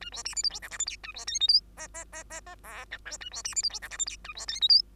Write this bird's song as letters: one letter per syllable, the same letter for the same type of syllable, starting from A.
A B C D E F G H I J A B K L M N N N N N O P Q A B C D E F G H I J A B K L M